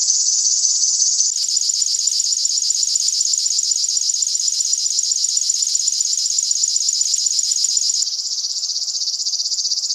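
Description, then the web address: River warbler delivering a continuous high, rhythmic buzz of rapid ticking pulses, with slight shifts in tone near the start and end. "HGW birds flodsangare"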